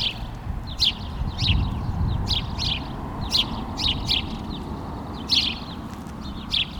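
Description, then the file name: House sparrow giving repeated chirps at an irregular pace, sometimes doubled, against a continuous low background rumble. "Passer domesticus"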